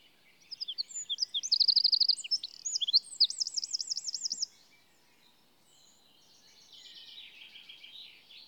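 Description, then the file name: Eurasian wren song: a loud burst of piercing notes and rattling trills lasting about four seconds, followed by faint high twittering over light background hiss. "Troglodytes troglodytes"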